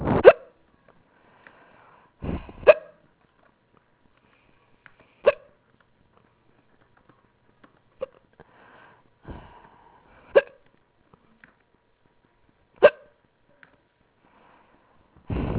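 Six sharp, abrupt gulping clicks about every 2 to 3 seconds, roughly 24 a minute: rapid, persistent hiccups in an adult, very fast, coming on without any trigger.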